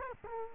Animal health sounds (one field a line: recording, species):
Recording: mosquito wingbeat signal from an infrared sensor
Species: Culex quinquefasciatus